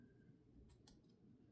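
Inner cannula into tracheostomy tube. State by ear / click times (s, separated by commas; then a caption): seated / 0.9 s. A rinsed plastic inner cannula, with excess water tapped out, is pushed back into a tracheostomy tube. A brief sharp click at 0.9 s shows it clipping in and locking in place, and a fainter tick comes just before it.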